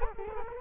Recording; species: mosquito wingbeat signal from an infrared sensor; Culex quinquefasciatus